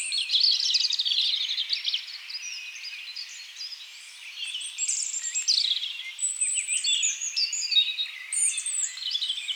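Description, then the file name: European robin song, high liquid warbling phrases with quick trills and thin whistles, quieter for a moment midway before resuming. "Erithacus rubecula"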